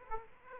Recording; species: mosquito wingbeat signal from an infrared sensor; Aedes aegypti